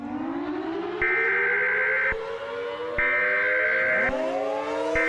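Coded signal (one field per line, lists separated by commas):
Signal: Emergency Alert System (SAME) tones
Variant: header bursts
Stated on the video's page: Fictional mini EAS scenario.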